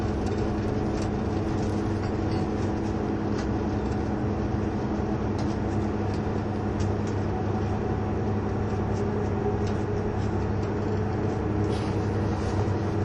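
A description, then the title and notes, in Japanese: Running noise recorded aboard a diesel train, a steady, dense roar with a deep engine drone and low humming tones that hold even throughout. Faint light clicks and rattles flicker above it every second or so, and the loudness barely changes. キハ71系 ゆふいんの森03号03 由布院～別府。走行音(音の旅)。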